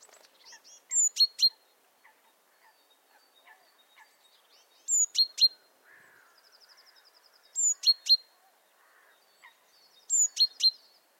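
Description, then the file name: Great tit calls in four crisp triplets of high, sharp notes at uneven intervals, with short buzzy trills between them. "Parus major"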